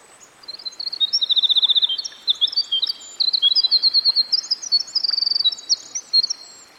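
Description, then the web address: Winter wren delivering a continuous high, rapid song of tinkling trills and quick buzzy runs, rising in intensity after a soft start, with light background hiss. Recorded by a stream. "Dan Gibson Songbirds By The Stream. Winter Wren"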